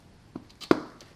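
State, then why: Seated. A plastic air tube is pressed into the push-fit inflation fitting at the bottom of an Airbag Man suspension airbag for a Mitsubishi Pajero. A faint tap at 0.4 s and a brief rustle lead to a sharp, bright click at 0.7 s, followed by a soft tap near 1.0 s. The tube seats in the fitting and holds securely.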